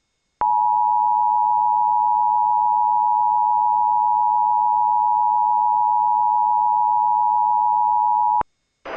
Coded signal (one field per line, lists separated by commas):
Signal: Emergency Alert System (SAME) tones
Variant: 853 and 960 Hz attention tone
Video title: EAS: 20111109_EAN